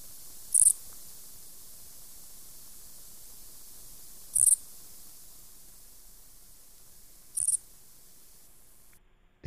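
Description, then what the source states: Oblong-winged katydid song: three very high, short bursts spaced a few seconds apart over faint hiss. Described as very different from the crickets heard before.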